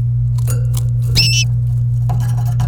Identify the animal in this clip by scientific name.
Serinus canaria